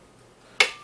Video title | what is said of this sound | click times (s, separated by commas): E135 reloading .45 acp pistol cartrige | the way there's a click as the primer is pushed out on | 0.6 s